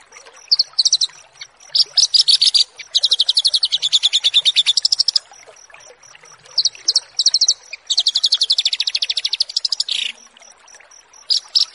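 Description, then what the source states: Horsfield's bush lark song of dense rapid buzzy trills, one after another with brief gaps, and a thin steady ticking sound in the background. Bird-keeping masteran song-tutoring recording.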